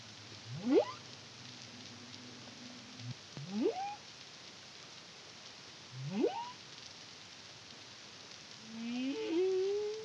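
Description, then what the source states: Humpback whale song: several upsweeping whoops, a low flat tone, and a closing rising moan, over steady hiss. Song; Caribbean, CARIMAM project, 2023.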